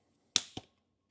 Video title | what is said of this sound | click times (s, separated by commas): Jeep Portal Install V1 - Portal Pros | Hear that click? | 0.4 s